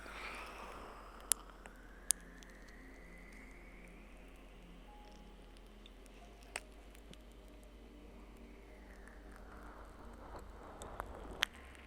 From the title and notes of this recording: ASMR Slow Ear LicksKisses.